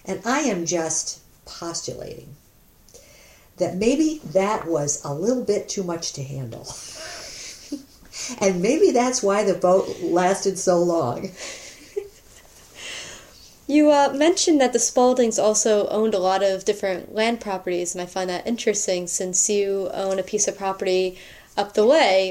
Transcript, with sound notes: I am just postulating that maybe that was a little too much to handle. [laughter] And maybe that's why the boat lasted so long. [laughter]
You mentioned that the Spaulding's also owned a lot of different land properties and I find that interesting since you own a piece of property up the way.